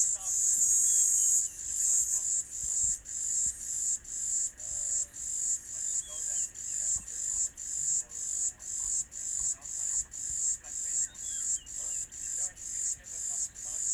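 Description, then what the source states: B. brevis call: high, hissing buzz pulses repeat about twice a second in a steady rhythm, with the first burst longer and louder. Recorded at Morningside Ranch.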